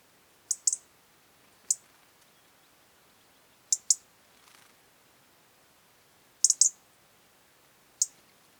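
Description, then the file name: European robin giving sharp, high ticks, single or in quick pairs or triples, spaced irregularly a second or more apart, with near silence between them. "Erithacus rubecula"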